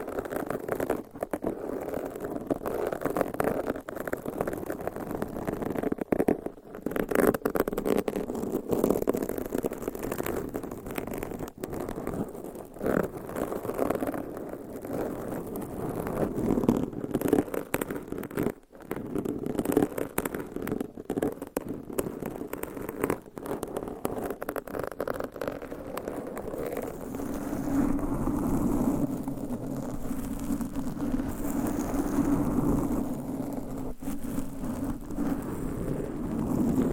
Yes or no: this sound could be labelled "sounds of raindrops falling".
no